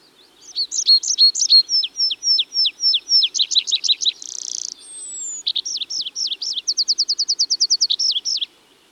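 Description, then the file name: Tree pipit song: long varied phrase of rapid repeated notes, a buzzy burst, a drawn-out high whistle, then fast even trills. "Tree Pipit (Anthus trivialis)"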